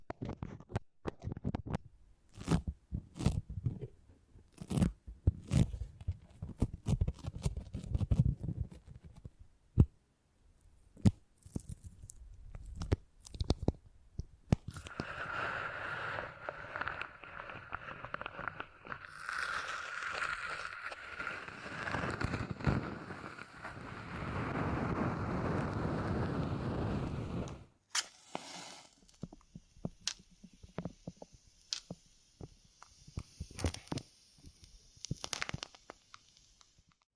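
Beeswax is handled and pressed in sharp, irregular crackles and clicks through the first fifteen seconds. From about 15 to 28 seconds a denser, steadier rubbing and squeezing takes over with a low rumbling undertone, then it stops abruptly and scattered soft taps and crackles return.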